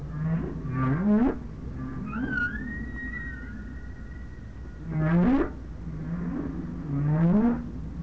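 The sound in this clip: Whale calls: rising upswept whoops and short groans in bursts, with a long level whistle between them, over a constant low rumble.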